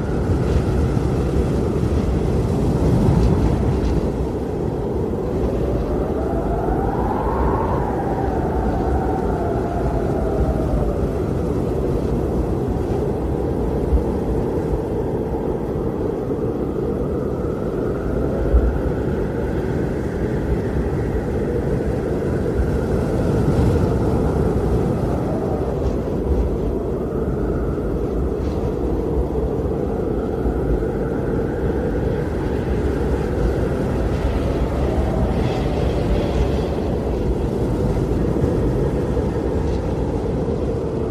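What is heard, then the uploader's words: Heavy storm wind roars steadily and low, with rising and falling moaning gusts swelling around 7, 20, 25 and 32 seconds. Blizzard Storm Sounds, Relaxing Winter Background, Heavy Wind and Snow Sounds.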